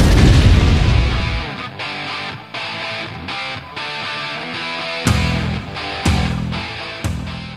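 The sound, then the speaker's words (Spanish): A heavy, rumbling explosion opens, followed by a string of sharp, booming blasts and gunfire bursts at irregular intervals, loud and dense with crackling distortion throughout. “¿Explosiones?”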